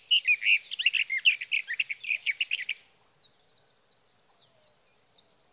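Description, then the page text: Sage thrasher song, a quick tumbling warble lasting about three seconds, then soft scattered high notes. Male singing through the night near his night roost, three nights from the evening of June 12 to the morning of June 15, 2018, Sierra Valley, California; Swift recorder. "Sage thrasher songs, through the night. For three nights, from the evening of June 12 to the morning of June 15, 2018, in Sierra Valley, California, I placed a Swift recorder near a male's night roost."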